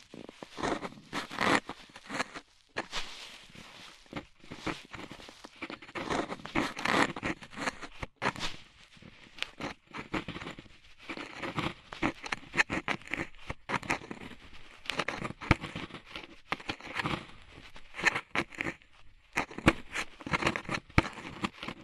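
Ear cleaning sounds with rhinestones and clay being picked off. A dense, uneven run of short crackling, scraping clicks and rubs that sound bright and sharp, with brief pauses and only small swells and dips across the whole stretch.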